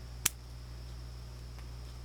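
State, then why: Seated. A small implement on a compact blue metal Gerber Curve mini multitool is unlocked and folded closed. It snaps back into the handle with a single sharp click at 0.3 s, seating fully, followed by quiet low hum.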